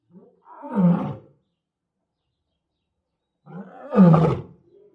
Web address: lions